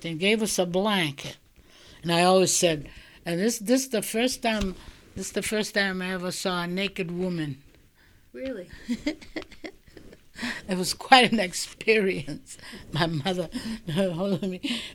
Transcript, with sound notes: Gave us a blanket, and I always said, "This is the first time, this is the first time I ever saw a naked woman."
Really?
( she laughs ) It was quite an experience, my mother, her holding me.